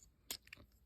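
The second plastic leg assembly of a Transformers Bumblebee Cyberverse Adventure Deluxe Class Thunderhowl transforming robot toy is brought up into the lower body. A sharp, bright plastic click at 0.3 s is followed by two fainter ticks around 0.5 s, and the leg locks into place.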